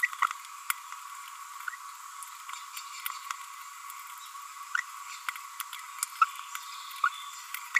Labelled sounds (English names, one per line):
Green-rumped Parrotlet babbling